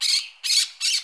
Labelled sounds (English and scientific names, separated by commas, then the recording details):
Brown-throated Parakeet (Eupsittula pertinax) contact call
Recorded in Curacao
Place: Hoffi Jan Thiel
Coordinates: 12.094, -68.877